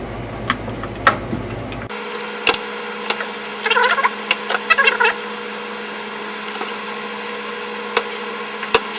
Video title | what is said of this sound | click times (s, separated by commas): How to build a pc - Part 2 of 3 - How to build a computer from scratch | So that it can be even and you want to hear it snap. | 1.1 s, 3.1 s, 4.3 s, 8.8 s